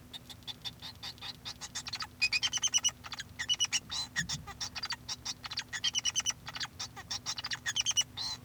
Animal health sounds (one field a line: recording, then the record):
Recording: song of a male Bengalese finch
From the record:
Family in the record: son of father 2